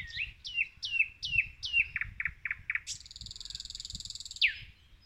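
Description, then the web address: Common nightingale song: a run of rapid descending whistled notes, then short buzzy pulses, a long sustained rattling trill, and a final slurred downward note. "rossignol ordinaire chant du rossignol"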